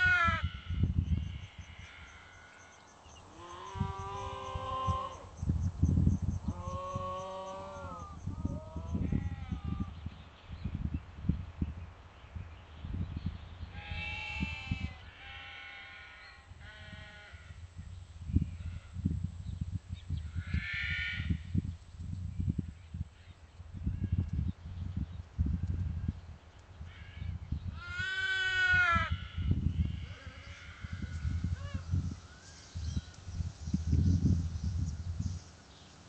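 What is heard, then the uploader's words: Sheep bleat repeatedly, with wavering, quavering calls at about 4, 7, 15, 21 and 28 seconds, some overlapping. Beneath them runs a constant low rumble with shuffling and knocking. Sheep.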